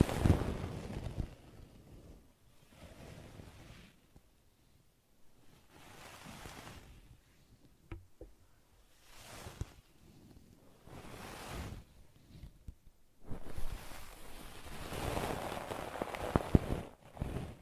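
Brushing and scratching comes in repeated soft, hissing strokes, each lasting about a second with short quiet gaps between. A loud, rough burst opens the clip, and denser, louder scratching fills the stretch from about 13 to 17 seconds, with a few sharp clicks scattered throughout.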